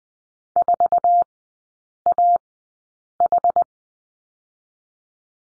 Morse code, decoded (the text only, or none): 4AH